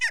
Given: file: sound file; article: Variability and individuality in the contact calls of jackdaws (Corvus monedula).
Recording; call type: jackdaw call; harmonic